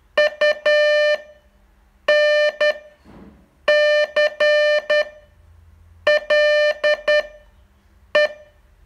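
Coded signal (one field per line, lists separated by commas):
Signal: Morse code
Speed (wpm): 10 wpm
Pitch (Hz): 600 Hz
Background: none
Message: UNCLE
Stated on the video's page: Morse training test, day 38 of a 42-day course.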